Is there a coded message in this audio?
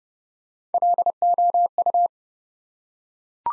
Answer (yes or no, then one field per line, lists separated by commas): yes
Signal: Morse code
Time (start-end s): 0.7-2.1 s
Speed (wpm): 29 wpm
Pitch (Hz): 700 Hz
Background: none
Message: LOU